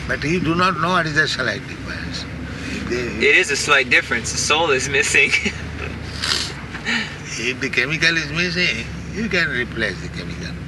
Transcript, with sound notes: But you do not know what is that slight difference.
It is a slight difference. The soul is missing. [laughs]
If the chemical is missing, you can replace the chemical.